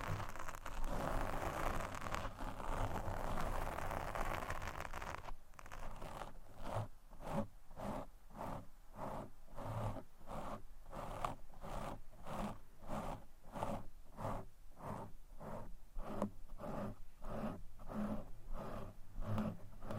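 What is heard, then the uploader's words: Mic scratching with no talking. For the first five seconds there is a dense, continuous rough scraping, then it turns into regular rhythmic strokes, about two per second, each a short bright scratch with a low hum running underneath. ASMR Mic Scratching (No Talking).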